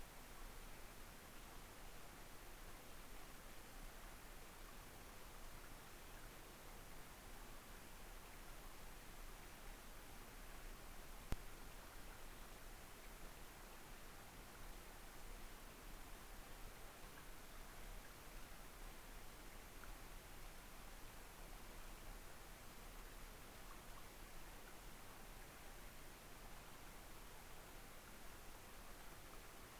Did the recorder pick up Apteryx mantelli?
no